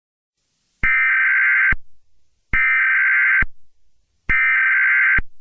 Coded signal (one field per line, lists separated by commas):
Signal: Emergency Alert System (SAME) tones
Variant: header bursts